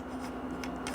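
The handle tubes of a 2-wheel walker are being pushed down to a new height, with the metal spring push-button height adjusters sliding toward the holes in the leg tubes. A steady low hum runs throughout, with two brief handling sounds around 0.6 and 0.9 seconds. Nothing has seated or clicked into place yet.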